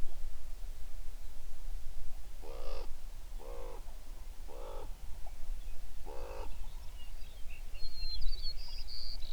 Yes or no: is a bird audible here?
yes